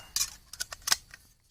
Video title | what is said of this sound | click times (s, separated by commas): Mon système de cuisson en trek (optimisation popote, test BRS 3000T) | Donc qui vient tout simplement se clipser comme ça. | 0.9 s